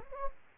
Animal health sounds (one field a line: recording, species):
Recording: mosquito wingbeat signal from an infrared sensor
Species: Anopheles gambiae